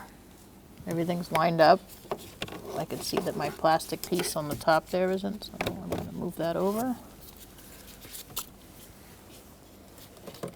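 On a 2000-2007 Ford Taurus, the plastic piece on top of a combination switch on the steering column housing is found out of line and moved over into position before the side clip is pushed home. Someone talks from about 1 to 7 seconds, followed by quiet handling, with a faint scrape near 10.2 seconds and a brief tick at 10.4 seconds. Nothing has seated or clicked yet.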